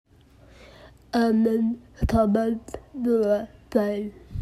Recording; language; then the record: elicited speech; Bengali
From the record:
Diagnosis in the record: Broca's or global aphasia after a stroke